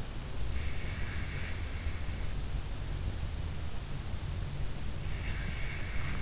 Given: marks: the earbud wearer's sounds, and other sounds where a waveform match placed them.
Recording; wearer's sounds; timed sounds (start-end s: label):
sounds in sleep by an in-ear microphone; breath
0.75-1.64 s: breath
5.09-6.22 s: breath